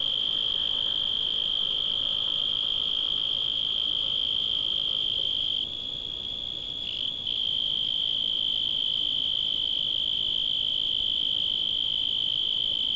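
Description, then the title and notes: Cricket calling with a steady, high, ringing trill that holds throughout, with a brief dip in loudness and a slight shift in tone around six to seven seconds. Field recording made in Tavira, Tangier, Lima or Bhubaneswar. "Grillo. grabaciones hechas en tavira, tangier, lima, bhubanshwar"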